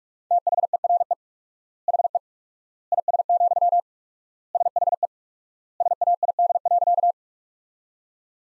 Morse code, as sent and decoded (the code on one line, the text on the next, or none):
- .... . .-. . / .... . / .. ... --..-- / ... .... . / ... .- .. -.. .-.-.-
THERE HE IS, SHE SAID.